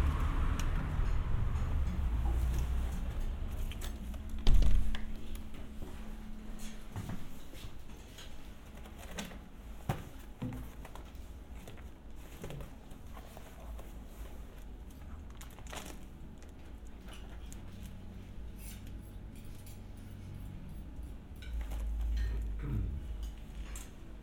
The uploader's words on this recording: Ein kurzer Aufenthalt in einem Lieblingsrestaurant. From outdoors to indoors to outdoors. A quick visit to a favorite restaurant.